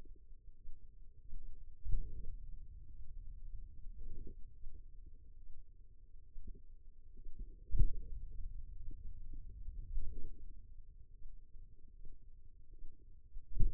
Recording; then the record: forearm muscle sounds (acoustic myography)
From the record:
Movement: finger pinch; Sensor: system 2, bracelet of six BSWA MPA416 microphones around the upper forearm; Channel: 3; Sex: female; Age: 25 years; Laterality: right